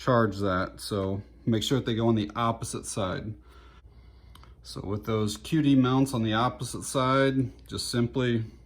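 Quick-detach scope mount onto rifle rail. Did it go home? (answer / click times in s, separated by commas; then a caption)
no / none. Quick-detach scope ring mounts for a Leapers UTG BugBuster 3-9x32 scope are handled with their levers placed on the side away from the charging handle of a Ruger 10/22 Takedown rifle, ready to be pressed onto the rail. Someone talks throughout, with two faint short ticks near 4.4 seconds during a quieter pause. Nothing has seated or clicked yet.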